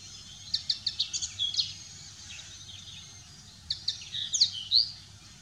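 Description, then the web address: Common linnet twittering song, a quick series of high chirpy notes, a pause of about two seconds, then another brighter twittering burst ending in clear whistles. "ornithologie bluthaenfling Stefan Wehr"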